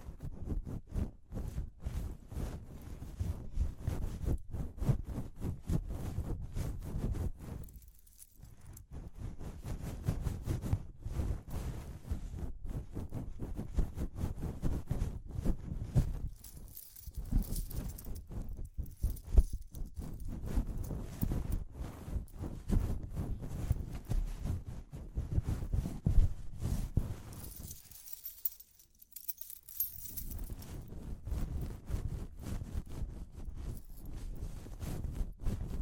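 Dense, rapid tapping and scratching runs throughout with a rough, low-heavy texture, pausing briefly near 8, 17 and 28 seconds.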